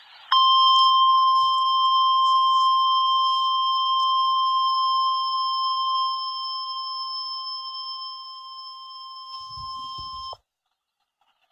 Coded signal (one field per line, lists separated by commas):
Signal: Emergency Alert System (SAME) tones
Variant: 1050 Hz attention tone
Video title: EAS 91 and 92 - SVR and TOR in Arkansas